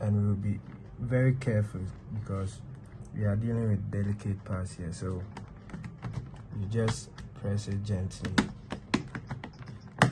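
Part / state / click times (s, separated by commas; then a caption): plastic bottom cover clips into the laptop chassis / seated / 8.9 s, 9.2 s, 9.4 s, 10.0 s. The plastic bottom cover of an HP Omen gaming laptop is pressed gently back onto the chassis after a RAM and SSD upgrade while someone talks. Its edge clips snap into place with short clicks at about 8.9, 9.2, 9.4 and 10.0 seconds, and the cover is seated.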